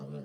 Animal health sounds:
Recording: pig call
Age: piglet (1 to 25 days)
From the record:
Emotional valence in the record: negative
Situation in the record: long isolation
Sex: female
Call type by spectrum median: low-frequency call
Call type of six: low-frequency stable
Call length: 0.25 s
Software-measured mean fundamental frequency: 51 Hz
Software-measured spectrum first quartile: 164 Hz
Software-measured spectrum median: 254 Hz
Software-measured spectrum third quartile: 518 Hz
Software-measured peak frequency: 208 Hz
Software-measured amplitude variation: 74 dB a second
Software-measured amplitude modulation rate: 21.9 a second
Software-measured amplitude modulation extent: 3.4 dB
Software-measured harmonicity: -0.1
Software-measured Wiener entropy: 0.02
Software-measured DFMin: 945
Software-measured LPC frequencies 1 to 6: 426, 1289, 2727, 4566, 6159, 7767 Hz

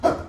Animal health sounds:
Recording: pig call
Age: growing-finishing pig (85 days or more)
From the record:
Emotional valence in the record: positive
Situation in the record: run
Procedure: transit

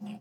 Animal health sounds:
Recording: pig call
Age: piglet (1 to 25 days)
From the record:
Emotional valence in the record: negative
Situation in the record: long isolation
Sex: male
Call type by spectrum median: low-frequency call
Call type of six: low-frequency stable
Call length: 0.20 s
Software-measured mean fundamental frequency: 70 Hz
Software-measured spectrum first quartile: 205 Hz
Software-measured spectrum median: 264 Hz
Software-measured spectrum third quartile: 985 Hz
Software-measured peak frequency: 206 Hz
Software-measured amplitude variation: 107 dB a second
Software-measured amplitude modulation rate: 22.2 a second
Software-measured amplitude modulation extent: 4.8 dB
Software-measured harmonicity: 10.3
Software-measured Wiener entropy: -1.48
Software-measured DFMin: 830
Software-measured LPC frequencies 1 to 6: 2752, 4927, 6487, 7979, 8316, 10173 Hz

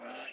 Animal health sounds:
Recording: pig call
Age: piglet (1 to 25 days)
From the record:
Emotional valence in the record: negative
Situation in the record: restrain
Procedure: in the arms of a person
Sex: female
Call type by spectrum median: low-frequency call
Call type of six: high-frequency modulated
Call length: 0.34 s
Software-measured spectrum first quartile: 727 Hz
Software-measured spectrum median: 1715 Hz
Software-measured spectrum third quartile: 3237 Hz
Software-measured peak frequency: 2662 Hz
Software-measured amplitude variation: 91 dB a second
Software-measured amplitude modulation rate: 22.3 a second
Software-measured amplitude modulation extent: 4.1 dB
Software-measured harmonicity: 0.3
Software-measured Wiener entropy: -1.18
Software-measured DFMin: 801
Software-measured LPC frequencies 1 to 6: 647, 1433, 2675, 4725, 5368, 7138 Hz

